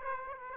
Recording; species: mosquito wingbeat signal from an infrared sensor; Aedes aegypti